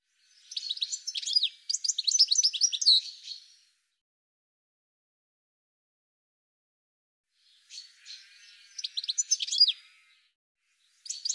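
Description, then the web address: Bird calls in two bursts of rapid, high chirping and twittering notes, each about three seconds long, separated by a silent gap, with a third burst starting just at the end. "cianscape birddata Deverinetal 2025 File cleaned normalized Bird"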